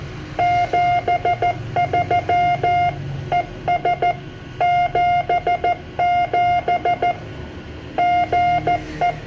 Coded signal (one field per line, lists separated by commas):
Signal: Morse code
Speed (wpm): 14 wpm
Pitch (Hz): 710 Hz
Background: none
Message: 73 ES 77 GE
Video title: Morse Code Net Call - Philippine Amateur Radio Association 145.000 Mhz